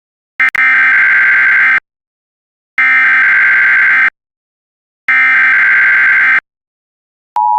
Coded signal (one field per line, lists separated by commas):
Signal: Emergency Alert System (SAME) tones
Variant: header bursts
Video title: Emergency Alert System (US) - The Scarlet Apocalypse (Part II)